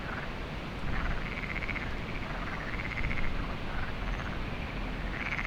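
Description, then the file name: Frogs croaking with buzzy pulsed notes in short bursts, partly masked by heavy wind noise. Frogs recorded at Lagoa do Canário with wind, binaural recording. "Lagoado Canario frogs wind web binaural"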